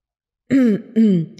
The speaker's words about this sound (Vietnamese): Kim Kiền thu hồi lỗ tai, ho khan hai tiếng